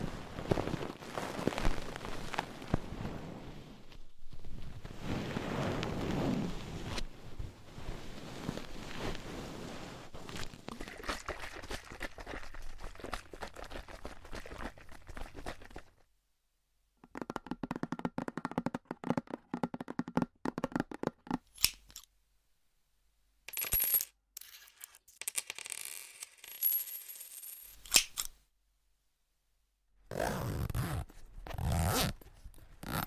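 Scratching and tapping sounds fill the first sixteen seconds, a dense, rustling texture with soft swells around five seconds. After a short silence come bursts of quick, crisp tapping and clicking, broken by pauses, with a final rough scratching stretch near thirty seconds.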